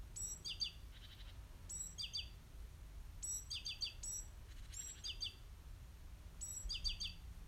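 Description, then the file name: Great tit calls: high, sharp notes sliding down into clustered chips, repeated in five bursts with faint buzzy chatter in between. "Parus major"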